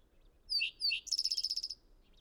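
Bird song: two slurred descending whistles followed by a quick, even trill of about ten high notes.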